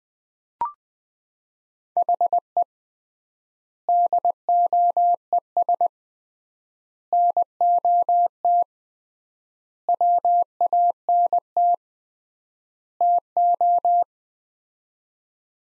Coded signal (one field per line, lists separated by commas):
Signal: Morse code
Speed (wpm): 20 wpm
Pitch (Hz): 700 Hz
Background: none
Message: HE DOES NOT WANT TO